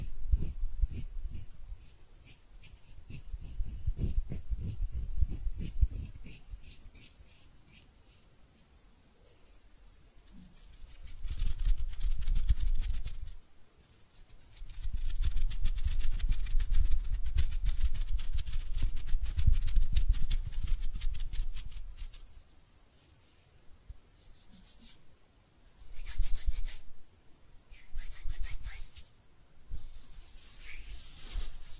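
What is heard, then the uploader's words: Hands rub and scratch in dense, gritty strokes, with louder spells around 11–13, 15–21 and 26 seconds and brief quiet pauses between. ASMR Relaxing Hand Sounds (No Talking).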